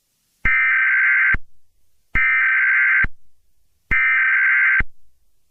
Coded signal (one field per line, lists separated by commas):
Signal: Emergency Alert System (SAME) tones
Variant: header bursts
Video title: EAS Mock - 1-20-20 - COVI19 REMAKE